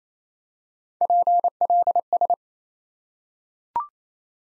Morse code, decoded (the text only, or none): PLS